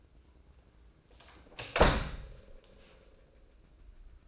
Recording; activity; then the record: daily activity, microphone in the room; close door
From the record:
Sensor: 2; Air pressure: 1012.2 hPa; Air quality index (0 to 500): 161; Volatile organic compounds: 2 ppm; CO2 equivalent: 1176 ppm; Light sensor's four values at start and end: 378/946/384/400 and 378/945/383/399